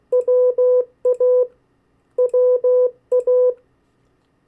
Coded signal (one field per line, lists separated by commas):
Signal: Morse code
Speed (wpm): 16 wpm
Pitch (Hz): 500 Hz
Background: none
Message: WA WA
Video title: 50 State Abbreviations, Variable speeds, in CW Video #3